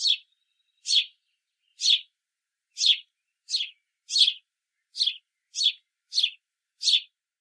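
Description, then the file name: House sparrow giving a series of ten brisk chirps, each a short buzzy note, spaced unevenly under a second apart against a quiet background. "Passer domesticus"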